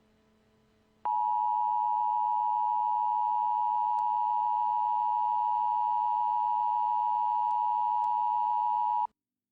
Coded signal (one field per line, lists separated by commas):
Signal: Emergency Alert System (SAME) tones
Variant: 853 and 960 Hz attention tone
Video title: ZOMBIE INVASION EAS SCENARIO #1